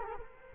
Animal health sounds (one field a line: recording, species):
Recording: mosquito wingbeat signal from an infrared sensor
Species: Culex quinquefasciatus